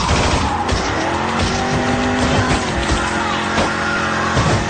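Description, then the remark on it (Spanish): A coupé's engine roars steadily at high revs while tires squeal in long, piercing, wavering tones, with a dense, loud rush of road noise throughout and no talking. “El auto atraviesa la barrera humana arrojando cuerpos despedazados con furia contra el asfalto.”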